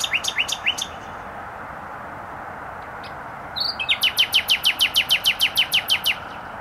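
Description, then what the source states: Nightingale song: a few quick rising whistled notes, then a pause and a fast, even series of sharp clicking notes, with a steady low traffic roar behind. Singing in bushes close to a noisy motorway, Trasa Toruńska, Bródno-Podgrodzie, Warsaw, Poland; recorded with an Olympus LS-11.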